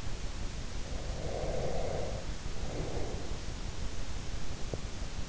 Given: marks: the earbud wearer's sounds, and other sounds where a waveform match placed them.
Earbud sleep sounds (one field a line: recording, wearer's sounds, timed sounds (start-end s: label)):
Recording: sounds in sleep by an in-ear microphone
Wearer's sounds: breath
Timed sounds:
0.92-3.51 s: breath